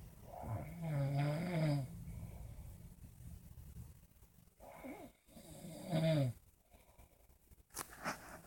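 An adult snoring in sleep: two loud, low rattling snores about five seconds apart, each with a fluttering buzz on the in-breath. Quiet breathing fills the gaps, and a brief rustle comes at the end. The pattern is ordinary sleep snoring.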